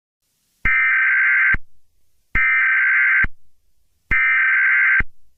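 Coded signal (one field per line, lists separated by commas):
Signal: Emergency Alert System (SAME) tones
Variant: header bursts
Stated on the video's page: Fictional EAS scenario about a megatornado hitting the Lincoln, Nebraska area.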